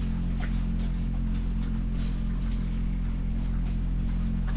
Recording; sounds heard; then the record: poultry house recording; sick chickens (respiratory disease)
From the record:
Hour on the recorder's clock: 21